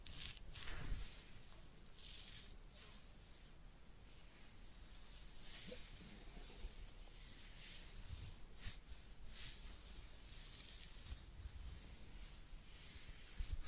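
Head massage and ear cleaning sounds: soft, steady rubbing and scratching with a hissy, bright texture throughout. Louder brushing swipes stand out near the start and again around 8, 11 and 13 seconds, with faint squishy, low thumps underneath.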